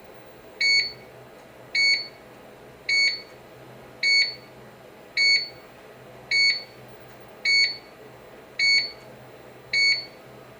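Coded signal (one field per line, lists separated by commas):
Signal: none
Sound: bread machine done beeps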